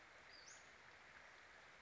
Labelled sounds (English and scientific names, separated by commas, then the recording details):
Western Flycatcher (Empidonax difficilis)
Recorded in Sonoma County, California